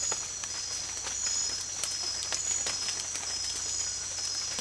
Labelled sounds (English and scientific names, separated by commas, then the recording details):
none
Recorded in secondary vegetation near Puerto Asís, Putumayo, Colombia, on 25 June 2025
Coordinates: 0.488, -76.319
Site G094